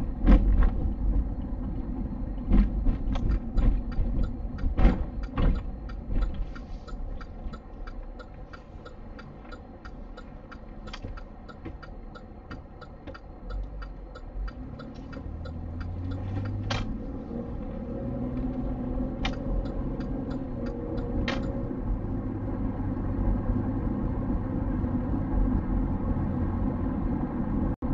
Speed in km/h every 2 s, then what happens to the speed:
29, 19, 9, 4, 0, 0, 4, 15, 30, 42, 47, 51, 52, 53.
0-7 brakes to 0. 7-11 standing. 11-28 pulls away to 53.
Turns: 12-15.